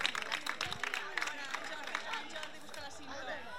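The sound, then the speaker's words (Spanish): An audience claps steadily for a few seconds for three monitors at a presentation event, a dense, bright patter of many hands mixed with cheerful crowd chatter and children's voices. “Y bueno, y pido un aplauso para ellas tres.”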